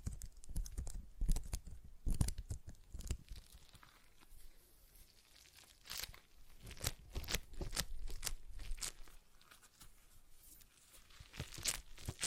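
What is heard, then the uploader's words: A stress ball is squeezed and worked over and over, giving crinkly, crunchy squishing noises with a dry tearing edge. Short bursts come irregularly throughout, loudest near the start and again around 6–9 seconds, with quieter stretches in between. ASMR Relaxing Stress Ball Sounds (No Talking).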